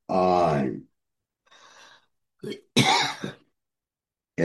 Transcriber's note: coughs